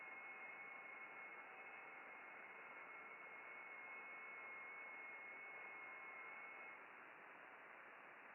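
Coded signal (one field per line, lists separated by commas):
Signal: FT8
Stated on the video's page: Amateur radio FT8 operation, broadcast live.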